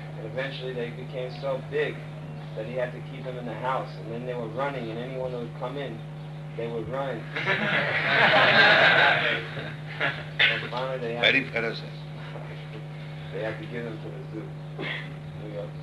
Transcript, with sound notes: and eventually they became so big that he had to keep them in the house, and then they were running. And anyone that would come in, they would run. [laughter] Finally they had...
Very ferocious.
They had to give them to the zoo, New York Zoo.